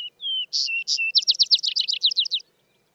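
Vesper sparrow sings a whistled introduction then a bright, rapidly repeated series of trilling notes lasting over a second.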